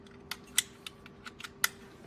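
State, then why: Seated. Wiring harness connectors are plugged back into the radio stereo head unit of a 2010-2015 Lexus RX350 or RX450h during reassembly. Several sharp, short plastic hits sound over a faint steady hum, with the loudest clicks at 0.6 s and 1.6 s as the connectors seat.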